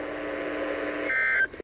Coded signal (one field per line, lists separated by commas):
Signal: Emergency Alert System (SAME) tones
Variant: end-of-message bursts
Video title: EAS Capture #53 - Flash Flood Warning